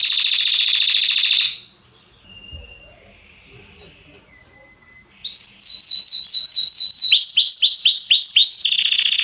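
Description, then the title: Belgian canary song: a loud buzzy trill, a quiet pause with a few soft notes, then fast repeated sweeping phrases ending in another rolling trill. Male singing a lot and very strongly; meant to warm up young birds. "Esquente Seu Filhote E Canario Belga Macho Cantando Muito"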